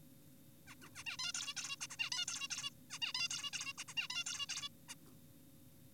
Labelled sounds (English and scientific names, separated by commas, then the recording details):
Zebra Finch (Taeniopygia guttata)
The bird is an adult
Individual g4p5U